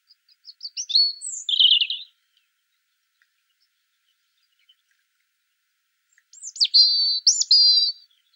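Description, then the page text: European robin song in two high, sweet phrases of slurred whistles and short trills, with a long silent pause between them. "Птицы-целители - Зарянка (Erithacus rubecula)"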